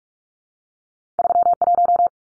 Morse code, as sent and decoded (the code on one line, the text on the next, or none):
...-- .----
31